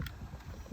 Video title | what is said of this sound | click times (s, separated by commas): Typhoon H Plus Maiden Voyage | means they're locking in place | 0.1 s